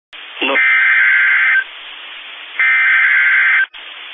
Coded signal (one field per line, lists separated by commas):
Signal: Emergency Alert System (SAME) tones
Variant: header bursts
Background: speech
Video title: High Wind Warning On WXM50 3/13/25 #WXM50 #EAS